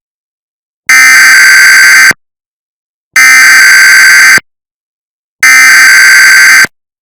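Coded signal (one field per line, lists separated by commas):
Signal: Emergency Alert System (SAME) tones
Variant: header bursts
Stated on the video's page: Fictional mock of a malfunctioning DASDEC during a Required Monthly Test on a fictional FM station; very loud valid tones.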